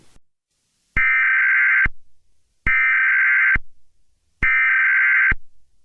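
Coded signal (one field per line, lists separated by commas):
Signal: Emergency Alert System (SAME) tones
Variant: header bursts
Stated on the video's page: Fictional EAS scenario about an SCP Foundation containment breach.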